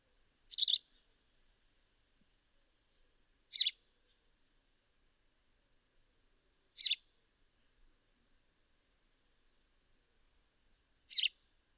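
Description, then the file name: House sparrow uttering single sharp chirps spaced roughly three to four seconds apart, four in all, against a quiet background. "Passer domesticus"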